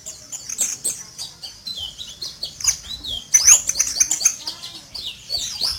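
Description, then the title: White-eye song: quick, high, jumbled chirping with a louder rush of squeaky twitters in the second half. White-eye (pleci) called Mr. Kebo; Malang, East Java. "Pleci Mr. Kebo Malang - Jawa Timur"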